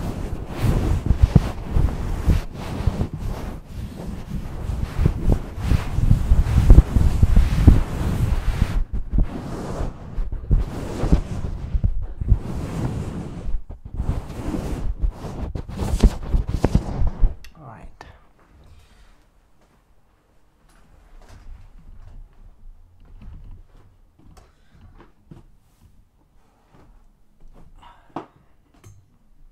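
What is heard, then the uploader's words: Scalp and face massage sounds: loud rubbing and rustling of hands through hair fills the first seventeen seconds, dense and uneven with quick strokes and surges. Then it drops to near silence, with only faint, sparse touches and soft scratches until the end. Fall Asleep ASMR Scalp & Face Massage.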